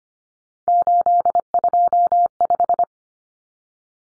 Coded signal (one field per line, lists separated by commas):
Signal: Morse code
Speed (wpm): 25 wpm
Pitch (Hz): 700 Hz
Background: none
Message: 825